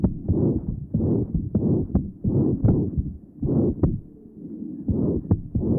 Patient has severe mitral insufficiency. Pan-systolic murmur taken at the mitral area, the opening snap, and the loud third sound followed by a short diastolic murmur in this area.